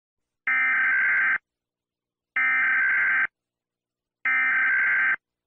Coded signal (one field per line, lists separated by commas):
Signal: Emergency Alert System (SAME) tones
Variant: header bursts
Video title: The 2nd EAS Scenario (Indonesian Fall)